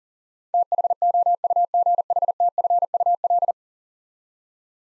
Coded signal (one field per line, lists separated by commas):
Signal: Morse code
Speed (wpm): 40 wpm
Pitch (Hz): 700 Hz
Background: none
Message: THOUGHTFUL